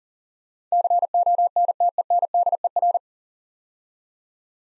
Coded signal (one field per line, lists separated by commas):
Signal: Morse code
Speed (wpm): 40 wpm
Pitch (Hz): 700 Hz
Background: none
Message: CONTENDER